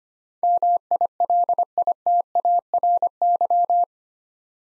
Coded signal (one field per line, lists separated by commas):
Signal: Morse code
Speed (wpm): 25 wpm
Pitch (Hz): 700 Hz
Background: none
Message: MILITARY